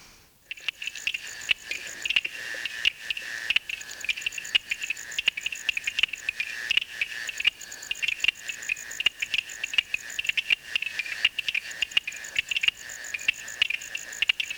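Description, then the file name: Stonemason toadlet clicking calls, sharp short taps repeated rapidly and irregularly, over a steady high-pitched insect hum. "Uperoleia lithomoda"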